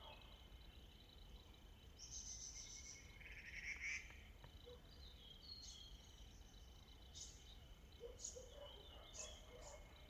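Mountain forest ambience with a steady low rumble and a thin constant whine high up. Birds call through it: a bright trill around two to four seconds, then short chirps and sharp high notes scattered across the later seconds, with a few faint low calls near the end.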